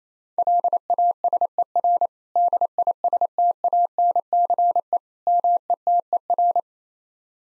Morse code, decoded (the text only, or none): LASER DISTANCE METER